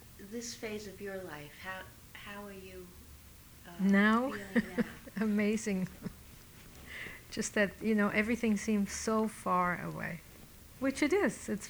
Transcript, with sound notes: this phase of your life? How, how are you...
Now?
feeling now?
[Laughs] Amazing. Just that, you know, everything seems so far away, which it is.